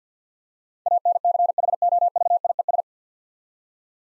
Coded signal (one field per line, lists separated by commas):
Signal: Morse code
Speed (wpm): 49 wpm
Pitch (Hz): 700 Hz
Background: none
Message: ANCHOVIES